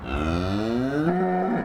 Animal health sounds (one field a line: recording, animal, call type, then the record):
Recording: contact call of a hoofed animal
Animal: cattle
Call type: low-frequency (closed-mouth) or high-frequency (open-mouth) call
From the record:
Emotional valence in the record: negative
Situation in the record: full separation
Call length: 1.65 s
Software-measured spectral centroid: 1320 Hz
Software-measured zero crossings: 1120 a second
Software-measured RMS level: -24 dBFS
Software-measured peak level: -11 dBFS